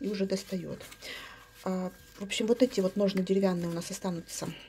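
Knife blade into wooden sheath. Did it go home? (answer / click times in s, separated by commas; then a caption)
no / none. A knife blade is being handled at its wooden sheath insert, which is meant to snap it in and lock it in place. Someone talks throughout, with faint handling noise underneath. Nothing has seated or clicked yet.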